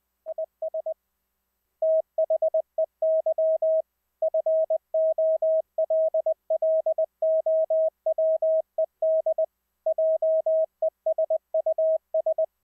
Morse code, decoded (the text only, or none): IS THEY FOLLOWED JESUS